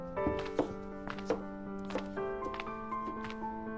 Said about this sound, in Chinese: 洛伊一下一下地切着手里的青菜，嘴唇微抿，下巴紧绷着。